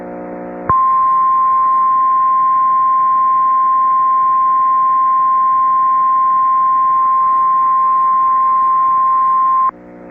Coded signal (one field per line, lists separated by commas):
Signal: Emergency Alert System (SAME) tones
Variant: 1050 Hz attention tone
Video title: EAS #1205: EAS Flash Flood Warning- June 29, 2026- 6:49PM PDT